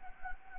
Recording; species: mosquito wingbeat signal from an infrared sensor; Anopheles gambiae